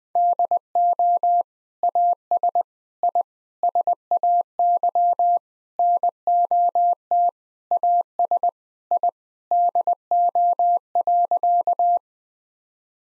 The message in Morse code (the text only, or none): DO AS I SAY NOT AS I DO.